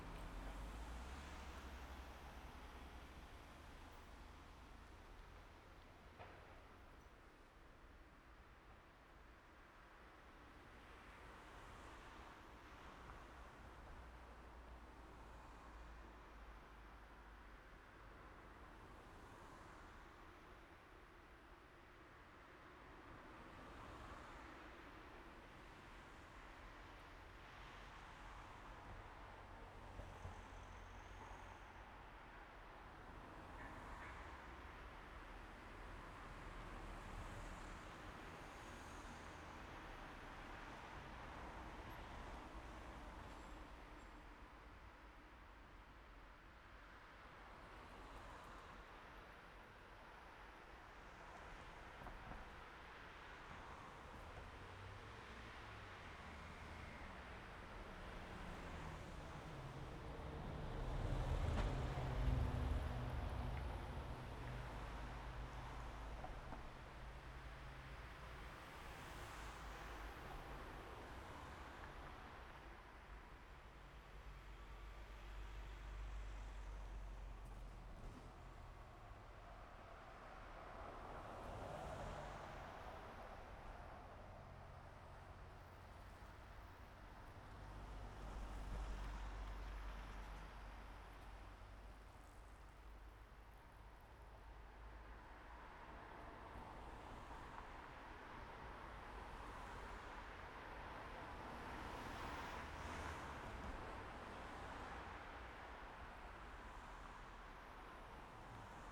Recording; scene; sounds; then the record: everyday scene through a hearing-aid microphone; in traffic; traffic, machine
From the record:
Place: main road on the outskirts, rush hour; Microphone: behind the ear, right, rear